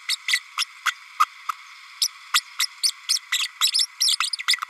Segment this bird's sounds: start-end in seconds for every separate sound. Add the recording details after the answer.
0.08-0.16, 0.27-0.39, 0.57-0.64, 0.85-0.92, 1.20-1.24, 2.01-2.08, 2.33-2.40, 2.59-2.66, 2.83-2.91, 3.09-3.19, 3.32-3.47, 3.72-3.87, 4.00-4.17, 4.20-4.30, 4.33-4.36, 4.38-4.42. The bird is a female. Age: 32 days. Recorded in a nest box in Venezuela. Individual 17B32A5